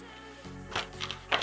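A memory module is pressed into a motherboard DIMM slot over a background of music, and the latches click at 1.0, 1.1, 1.3 and 1.4 seconds. The module ends up seated in the slot.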